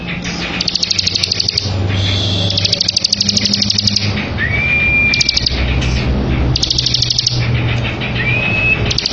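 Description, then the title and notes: Bar-winged prinia with long runs of rapid buzzy rattling trills and two thin rising whistles, over a persistent low engine-like hum. Ngebren song style, used as a tutor song for white-rumped shama. "Ciblek Ngebren Untuk Masteran Murai Batu. Suara Nada"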